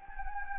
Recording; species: mosquito wingbeat signal from an infrared sensor; Anopheles gambiae